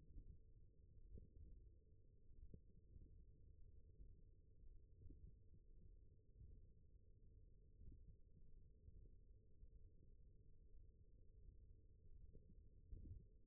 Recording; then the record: forearm muscle sounds (acoustic myography)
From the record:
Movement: wrist extension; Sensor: system 1, eight BSWA MPA416 microphones around the upper forearm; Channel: 3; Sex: male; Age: 21 years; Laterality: right